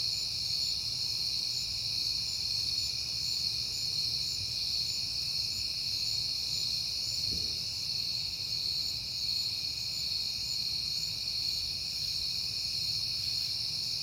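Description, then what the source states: Crickets keep up a constant high-pitched chorus; a faint low rumble and one short soft thump near the middle. Crickets at night in September, on a peaceful night.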